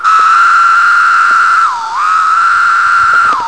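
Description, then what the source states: Pharaoh cicada song: a steady, shrill, buzzy drone held at one pitch, dipping briefly lower midway, then resuming and sliding down at the close. Brood II.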